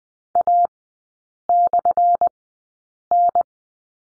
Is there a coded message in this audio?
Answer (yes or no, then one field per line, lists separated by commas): yes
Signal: Morse code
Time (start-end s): 0.4-3.4 s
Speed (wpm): 20 wpm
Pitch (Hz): 700 Hz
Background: none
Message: A/N